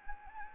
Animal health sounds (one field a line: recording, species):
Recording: mosquito wingbeat signal from an infrared sensor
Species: Anopheles arabiensis